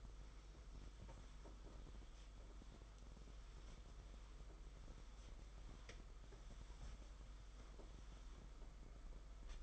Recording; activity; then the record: daily activity, microphone in the room; wipe stove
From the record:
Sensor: 5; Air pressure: 991.6 hPa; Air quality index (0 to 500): 126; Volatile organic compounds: 58 ppm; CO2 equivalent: 3393 ppm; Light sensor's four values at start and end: 32/94/37/40 and 32/95/38/40